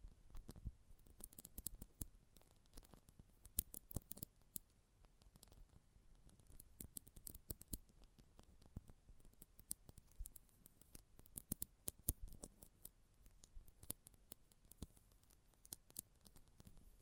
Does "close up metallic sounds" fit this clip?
yes